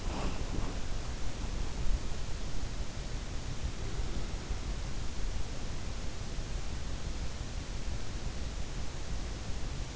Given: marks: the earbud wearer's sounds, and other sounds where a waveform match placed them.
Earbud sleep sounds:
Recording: sounds in sleep by an in-ear microphone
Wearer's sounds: breath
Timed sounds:
0.00-0.92 s: breath

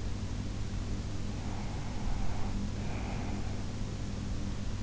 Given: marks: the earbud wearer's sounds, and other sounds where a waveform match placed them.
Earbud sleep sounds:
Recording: sounds in sleep by an in-ear microphone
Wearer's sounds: breath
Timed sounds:
1.32-3.83 s: breath

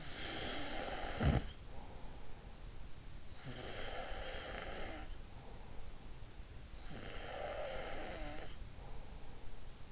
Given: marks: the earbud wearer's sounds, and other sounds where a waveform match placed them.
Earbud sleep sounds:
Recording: sounds in sleep by an in-ear microphone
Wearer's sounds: snoring breath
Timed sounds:
0.00-2.26 s: snoring breath
3.54-5.68 s: snoring breath
6.90-8.93 s: snoring breath

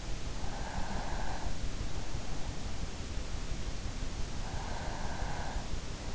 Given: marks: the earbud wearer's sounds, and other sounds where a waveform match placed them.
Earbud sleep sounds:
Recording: sounds in sleep by an in-ear microphone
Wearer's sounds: breath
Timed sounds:
0.20-1.86 s: breath

